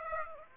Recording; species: mosquito wingbeat signal from an infrared sensor; Aedes aegypti